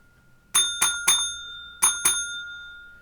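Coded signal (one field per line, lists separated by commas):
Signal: bell signal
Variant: UK railway block bell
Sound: five single bell dings, three quick strokes, a pause, then two more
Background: quiet room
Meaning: Is line clear for a class 8 train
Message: 3-2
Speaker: Class 8 train is three pause two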